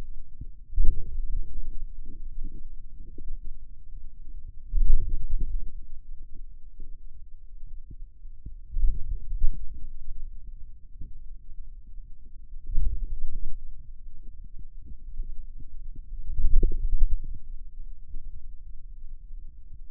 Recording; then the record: forearm muscle sounds (acoustic myography)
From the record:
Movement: wrist flexion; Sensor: system 2, bracelet of six BSWA MPA416 microphones around the upper forearm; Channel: 4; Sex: male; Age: 22 years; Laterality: right